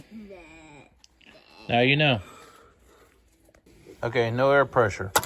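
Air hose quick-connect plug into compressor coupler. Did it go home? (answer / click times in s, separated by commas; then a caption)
no / none. An air hose quick-connect plug is handled at the coupler of a Milwaukee air compressor after the air pressure has been let off, so the plug can be pushed in. Someone talks through most of the clip, with a few faint ticks around 1.0, 1.2, 3.6 and 5.3 seconds. The clip ends before the plug goes home, so nothing has seated or clicked yet.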